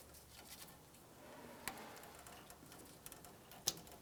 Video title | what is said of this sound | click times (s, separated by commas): How to Replace Horn 2009-2019 Ford Flex | Press it in, listen for a click, and give it a tug to make sure it's completely secured. | 3.7 s